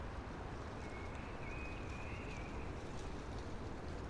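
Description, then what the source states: Eurasian blackbird song: a single sustained warbled phrase of about two seconds, heard over a strong, even rushing hiss. Blackbird singing early, amongst conifers with a hushing sound.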